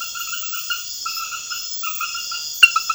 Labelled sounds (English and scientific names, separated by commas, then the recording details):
none
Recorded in secondary vegetation near Puerto Asís, Putumayo, Colombia, on 28 February 2025 at 01:30
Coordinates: 0.498, -76.327
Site G001